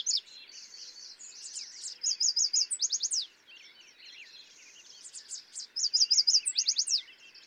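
Yellow warbler singing two bright, high phrases of rapid repeated notes ending in sharp downslurs, several seconds apart, against a background of other chirping birds.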